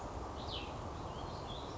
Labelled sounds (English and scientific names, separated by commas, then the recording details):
Cassin's Vireo (Vireo cassinii)
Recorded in Sonoma County, California